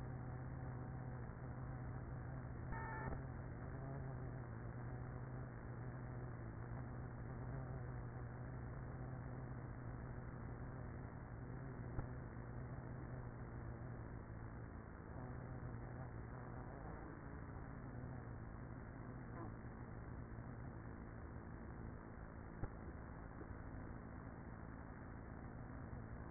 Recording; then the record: honeybee colony, microphone inside the hive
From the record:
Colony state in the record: queenless with a low population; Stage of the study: after two queens were removed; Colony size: about 30,000 bees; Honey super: no